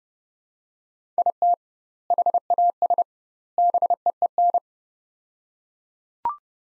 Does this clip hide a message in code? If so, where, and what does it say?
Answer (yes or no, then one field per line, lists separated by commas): yes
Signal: Morse code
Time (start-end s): 1.2-4.6 s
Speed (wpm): 30 wpm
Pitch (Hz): 700 Hz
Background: none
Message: IT HAS BEEN